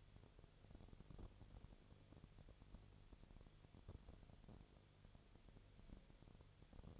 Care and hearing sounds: daily activity, microphone in the room; no activity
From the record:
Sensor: 4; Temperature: 22.4 degrees Celsius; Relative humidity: 31.2%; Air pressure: 1004.1 hPa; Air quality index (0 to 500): 85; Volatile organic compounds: 1 ppm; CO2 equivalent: 767 ppm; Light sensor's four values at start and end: 2/3/1/1 and 2/3/1/1

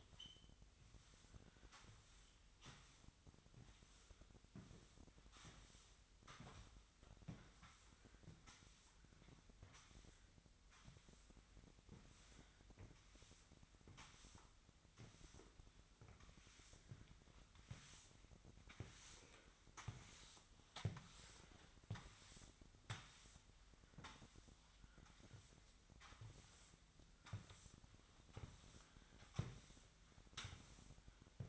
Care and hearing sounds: daily activity, microphone in the room; sweep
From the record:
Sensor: 3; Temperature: 25.2 degrees Celsius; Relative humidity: 38.4%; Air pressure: 1001.6 hPa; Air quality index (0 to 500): 224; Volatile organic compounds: 31 ppm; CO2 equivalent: 2978 ppm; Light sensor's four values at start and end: 11/33/14/12 and 11/34/15/12

